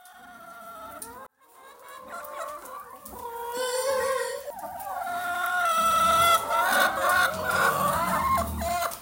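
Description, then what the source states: Chickens calling, a brief quiet gap then steadily building overlapping clucks and drawn-out cackles. Hens in their usual enclosure.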